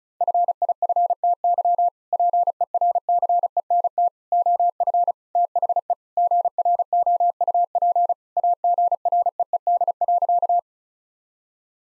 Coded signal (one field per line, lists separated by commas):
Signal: Morse code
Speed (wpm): 36 wpm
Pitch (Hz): 700 Hz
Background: none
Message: FIFTY PERCENT OF THE GROUP AGREED.